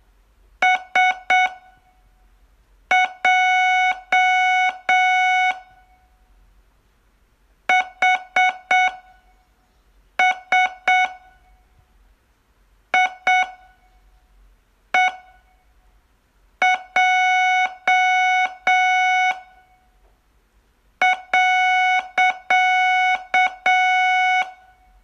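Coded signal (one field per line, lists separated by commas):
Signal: Morse code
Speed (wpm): 7 wpm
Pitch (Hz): 740 Hz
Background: none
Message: S J H S I E J .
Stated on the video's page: Morse lesson, day 10 of a 42-day course.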